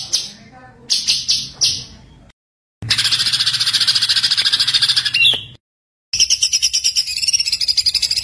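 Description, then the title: White-eye producing a few sharp high notes, then a long fast pulsed trill ending in a downward whistle, and after a gap another rapid rhythmic trill. Masteran recording of a gacor (continuously singing) white-eye, given as full tembakan song bursts. "Masteran Burung Pleci Gacor Full Tembakan"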